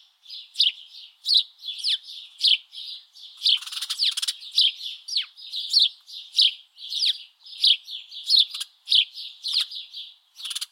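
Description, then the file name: House Sparrow giving a steady stream of chirps, rapid cheep notes in quick succession. "Passer domesticus"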